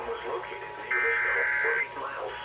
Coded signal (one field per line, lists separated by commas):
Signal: Emergency Alert System (SAME) tones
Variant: header bursts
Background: speech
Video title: (EAS #1387-1407) Tests to-- wait, didn't I use this title before? (EAS Alerts from 8/19/2021)